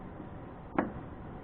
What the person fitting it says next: Did you hear that click?